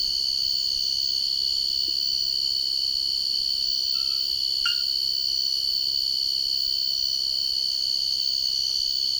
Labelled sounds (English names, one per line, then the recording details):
none
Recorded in secondary vegetation near Puerto Asís, Putumayo, Colombia, on 13 March 2025 at 04:30
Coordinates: 0.488, -76.319
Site G095